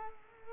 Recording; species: mosquito wingbeat signal from an infrared sensor; Culex quinquefasciatus